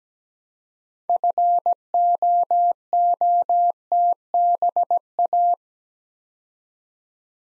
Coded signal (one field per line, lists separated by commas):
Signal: Morse code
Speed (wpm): 17 wpm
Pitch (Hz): 700 Hz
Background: none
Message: FOOTBA